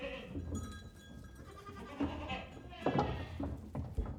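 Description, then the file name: Goat bleats, a few wavering cries over a steady rumble of shuffling hooves. Goat herd moving out. "goat herd move out"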